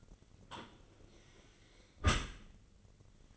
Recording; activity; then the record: daily activity, microphone in the room; close dishwasher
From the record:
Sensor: 4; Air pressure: 1003.9 hPa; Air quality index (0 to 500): 154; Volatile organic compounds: 2 ppm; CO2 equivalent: 1095 ppm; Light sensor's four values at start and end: 27/66/28/30 and 28/67/28/30